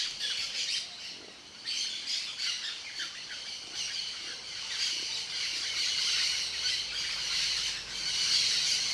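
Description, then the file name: Parakeet flock chorus: countless sharp, high squawks and chirps overlapping without pause. Many parakeets singing together. "Muitos periquitos cantando"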